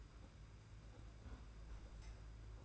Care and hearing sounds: daily activity, microphone in the room; close fridge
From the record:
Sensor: 2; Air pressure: 991.7 hPa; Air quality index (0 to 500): 221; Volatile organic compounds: 1000 ppm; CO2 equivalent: 7385 ppm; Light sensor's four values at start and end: 26/81/31/29 and 25/81/31/29

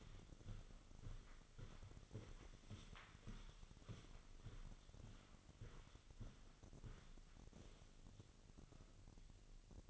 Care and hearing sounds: daily activity, microphone in the room; walk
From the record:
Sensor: 4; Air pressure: 1010.1 hPa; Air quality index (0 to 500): 171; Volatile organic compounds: 2 ppm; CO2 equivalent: 1243 ppm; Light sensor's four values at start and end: 53/132/55/61 and 54/133/56/61

